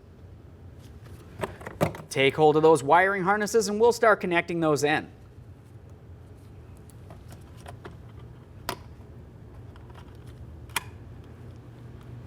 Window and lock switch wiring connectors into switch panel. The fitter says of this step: listen for a click from each one of them and give them a light tug to make sure they are secured